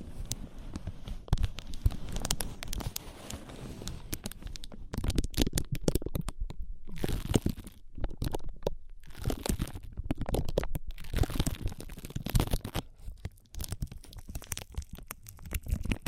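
Ear massage and cleaning sounds: dense, irregular rubbing and crackling with frequent sharp clicks and crinkles throughout. The texture is continuous for the first few seconds, then breaks into bursts separated by brief quiet gaps, with low muffled thumps underneath.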